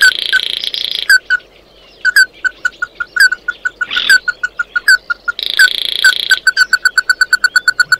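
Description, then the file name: Bird calls: a series of sharp, clipped notes with a few harsh buzzy bursts, then a fast even run of notes at the end. "Tieng chim mat do"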